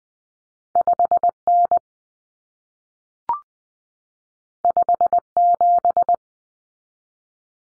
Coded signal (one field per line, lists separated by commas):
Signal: Morse code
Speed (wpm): 20 wpm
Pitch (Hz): 700 Hz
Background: none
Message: 5N 57